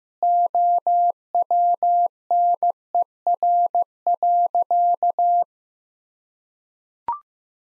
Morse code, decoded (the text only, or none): OWNER.